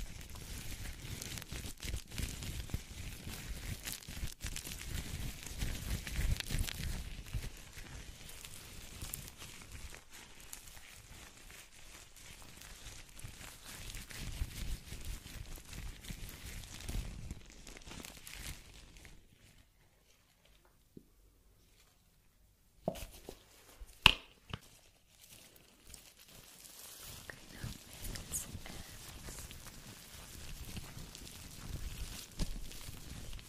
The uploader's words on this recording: ASMR Scalp Massage of Dreams.